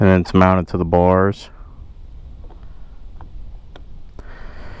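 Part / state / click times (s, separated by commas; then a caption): phone case adapter into handlebar phone mount / seated / 3.8 s. Someone talks, then a phone with a Quad Lock adapter on its back is twisted onto the Quad Lock phone mount on the handlebars. Faint ticks and taps lead up to a sharp click at 3.8 s as the phone locks into place, followed by a soft broadband hiss.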